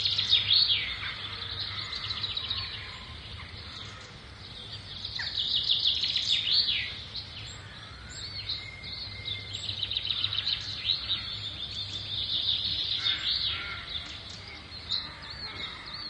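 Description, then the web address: Birds twittering in a busy chorus, bursts of high chirps and trills rising and easing in waves, with a constant faint low hum underneath. "samyelings. ptaki"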